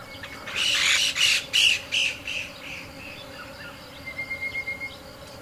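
Chinese bamboo partridge calling several loud, harsh repeated notes that fade, then a faint series of thin notes.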